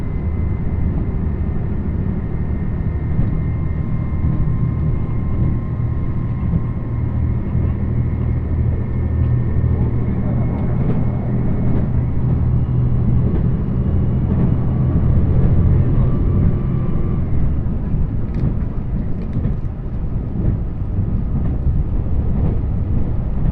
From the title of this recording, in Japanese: 土讃線 大歩危→多度津 特急南風20号